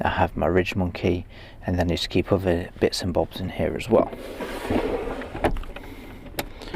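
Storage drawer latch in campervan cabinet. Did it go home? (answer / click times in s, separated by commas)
yes / 6.4 s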